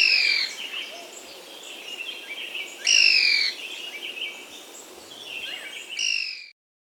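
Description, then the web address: Yungas tody-tyrant calls: loud high whistled notes with harmonics, each about half a second, repeated roughly every three seconds, with softer chattering notes between. Andean bird of South America. "S America Andean Birds. Yungas Tody-Tyrant (Hemitriccus Spodiops)"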